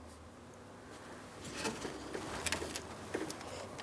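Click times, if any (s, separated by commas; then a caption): none. A plastic circular secondary lock is slid over the quick-connect clip on the AC line during an AC condenser replacement on a 2008-2016 Chrysler Town & Country, so the line cannot come apart. Over a low steady hum, short sharp plastic taps and scrapes of handling are heard around 2.5 to 2.8 seconds. Nothing has seated or clicked yet.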